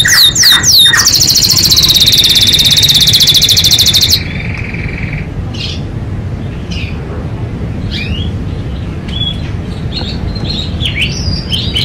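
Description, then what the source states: Domestic canary song opening with quick sharp notes, then a loud sustained rolling trill for about three seconds, followed by sparse chirps and short whistled phrases. Singing continuously (gacor); first-place champion.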